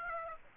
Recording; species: mosquito wingbeat signal from an infrared sensor; Aedes aegypti